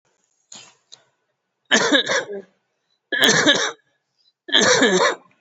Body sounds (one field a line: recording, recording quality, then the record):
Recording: shallow voluntary cough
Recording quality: excellent, no background noise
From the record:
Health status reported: COVID-19 positive, mild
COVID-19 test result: positive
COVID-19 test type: RT-PCR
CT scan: not taken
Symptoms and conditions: cough, cold, muscle pain, loss of smell and taste, another condition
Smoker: no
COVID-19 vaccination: none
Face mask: not worn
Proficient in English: yes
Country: India